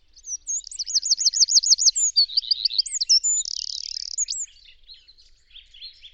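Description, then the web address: Bird calls: rapid high looping whistles, then varied chirps and a short buzzy burst, before fading into soft scattered twitters. "cianscape birddata Deverinetal 2025"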